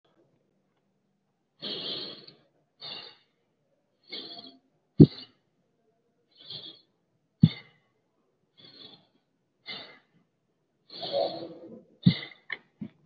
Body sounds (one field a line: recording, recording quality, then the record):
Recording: deep breathing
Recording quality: excellent, no background noise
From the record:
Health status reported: COVID-19 positive, mild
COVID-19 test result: positive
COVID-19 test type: rapid antigen test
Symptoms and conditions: fever, fatigue, muscle pain, asthma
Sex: male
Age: 30 years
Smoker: no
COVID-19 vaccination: both doses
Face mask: worn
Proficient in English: no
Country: India